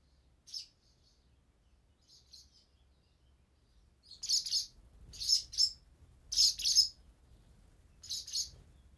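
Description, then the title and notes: Swallow chicks begging with a few brief high chirps at first, then a run of louder paired chirping bursts, with soft low rustling underneath. Chicks moving in a nest in a cellar, parents coming to feed them; Chaussenans, France; recorded on MixPre-6 II with DPA 4022 microphones in ORTF. "BÉBÉ HIRONDELLES NID DANS LA CAVE. BB HIRONDELLES CAVE, 39800 Chaussenans, France. NID D'HIRONDELLES DANS LA CAVE EN PROXIMITÉ. Les Bébé bougent dans leur nid et leur parents viennent les nourrir"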